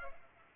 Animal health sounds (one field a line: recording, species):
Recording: mosquito wingbeat signal from an infrared sensor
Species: Culex pipiens